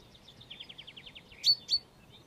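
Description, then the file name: Common chaffinch song, a rapid run of even, descending chipping notes followed by two loud, sharp notes at the end, over a faint background hiss. "Fringilla coelebs"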